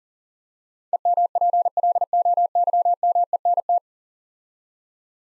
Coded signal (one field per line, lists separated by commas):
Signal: Morse code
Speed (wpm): 40 wpm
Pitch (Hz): 700 Hz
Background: none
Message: EMPLOYMENT